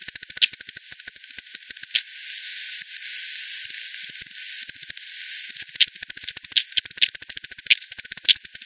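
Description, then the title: Bats clicking in fast, regular pulse trains that come in bursts, with a quieter hissing gap in the middle before the dense clicking resumes. Several bats at Hogsmill Lane by the Hogsmill River, 7 October 2020 at 18:10; bat detector recording using frequency division by ten, bandpass filtered and resampled. "WW bat 20201007 T 18 : 10 Z-Hogsmill-Lane-Hogsmill-River-multiple-bats"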